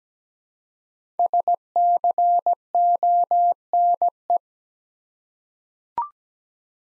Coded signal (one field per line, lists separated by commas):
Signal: Morse code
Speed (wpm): 17 wpm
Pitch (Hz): 700 Hz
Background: none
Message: SCONE